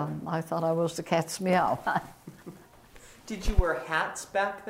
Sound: chuckles

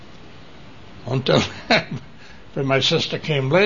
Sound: chuckles

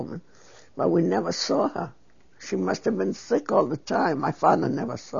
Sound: none

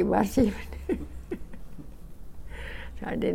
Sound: she laughs

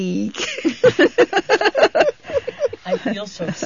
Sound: they laugh

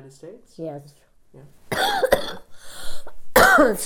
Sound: she coughs

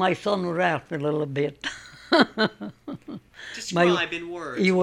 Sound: she laughs

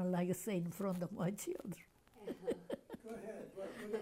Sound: they laugh

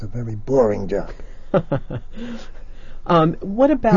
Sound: laughs

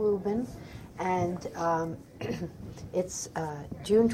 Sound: clears throat

